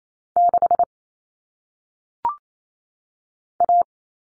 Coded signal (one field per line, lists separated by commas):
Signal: Morse code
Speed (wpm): 28 wpm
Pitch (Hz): 700 Hz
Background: none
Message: 6 A